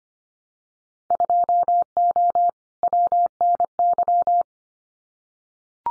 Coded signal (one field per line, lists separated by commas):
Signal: Morse code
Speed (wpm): 25 wpm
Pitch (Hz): 700 Hz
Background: none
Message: 2O WNY